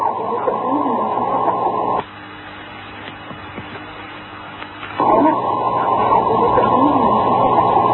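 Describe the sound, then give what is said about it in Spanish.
A purported sound of Nessie, the Loch Ness monster, from Loch Ness, a sound said to have been attributed to a seal: a muffled, tinny recording of warbling, whining animal-like calls, loud for two seconds, then a quieter hissing lull, then loud again. “Vamos a escuchar el presunto sonido de Nessie, el monstruo del lago Ness.”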